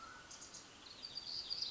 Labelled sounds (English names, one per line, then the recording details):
Mountain Quail
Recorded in Sonoma County, California